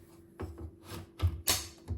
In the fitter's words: like that when that clicks in place the drawer is attached to the rail make sure